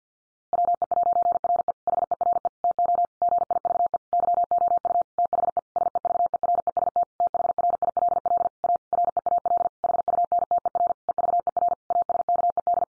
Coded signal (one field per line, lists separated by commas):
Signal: Morse code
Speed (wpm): 50 wpm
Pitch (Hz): 700 Hz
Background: none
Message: WE'RE HERE TO GIVE YOU THE SEVEREST THRILL A REAL HUNTER EVER ASKED